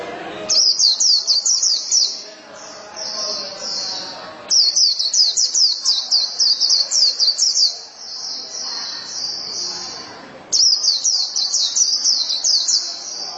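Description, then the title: White-eye song: long, fast runs of high chattering, zigzagging notes, three loud bursts separated by brief quieter spells. "Kicauan Burung Pleci"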